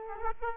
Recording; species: mosquito wingbeat signal from an infrared sensor; Aedes aegypti